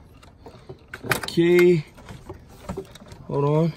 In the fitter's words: you hear the click once you hit a click you know that the job is done okay